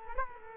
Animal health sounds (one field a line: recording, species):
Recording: mosquito wingbeat signal from an infrared sensor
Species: Culex quinquefasciatus